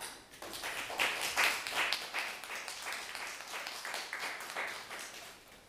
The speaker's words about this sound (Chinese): 我们是不是以掌声来欢迎今天的表演者？